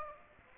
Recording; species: mosquito wingbeat signal from an infrared sensor; Aedes aegypti